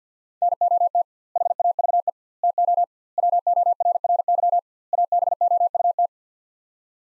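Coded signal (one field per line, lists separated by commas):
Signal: Morse code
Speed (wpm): 50 wpm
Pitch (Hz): 700 Hz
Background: none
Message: NOT HAVE TO WORRY ABOUT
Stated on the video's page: Morse practice with sets of five words at 50 wpm using 2x word spacing, a word-based method similar to Farnsworth.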